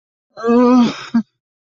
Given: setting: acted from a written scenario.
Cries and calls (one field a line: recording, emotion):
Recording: vocal sound without words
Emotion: distress